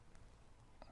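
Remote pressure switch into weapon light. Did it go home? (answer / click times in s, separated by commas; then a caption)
no / none. A remote pressure switch for an Olight PL-Pro Valkyrie weapon-mounted flashlight is handled as it is fitted toward its port or mount. Faint handling noise is broken by small sharp ticks at 0.2 s and 0.8 s. Nothing has seated or clicked yet.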